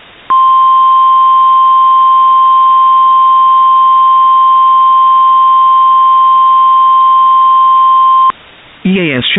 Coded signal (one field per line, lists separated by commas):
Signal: Emergency Alert System (SAME) tones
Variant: 1050 Hz attention tone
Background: speech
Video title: Celestina: Reverse Isekai - an EAS Scenario/Audio Drama